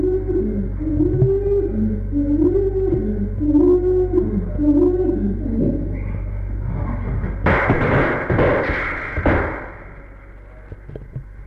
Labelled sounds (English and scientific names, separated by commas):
Chimpanzee (Pan troglodytes)